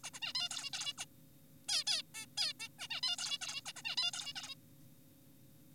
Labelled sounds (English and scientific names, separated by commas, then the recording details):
Zebra Finch (Taeniopygia guttata)
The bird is an adult
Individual g4p5U